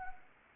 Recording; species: mosquito wingbeat signal from an infrared sensor; Anopheles arabiensis